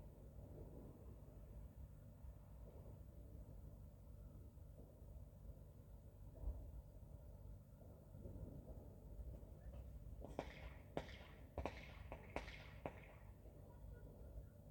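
New Year's Eve fireworks: a steady low rumble and murmur fills the first ten seconds, with a few scattered pops. From about ten to thirteen seconds a quick cluster of sharp bangs and crackles rings out, several in a row, before the rumble settles again.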